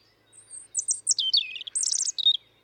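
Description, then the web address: European robin song phrase opening with high thin notes, dropping into a liquid descending warble, then a burst of rapid high twitters. "SETE data Erithacus rubecula"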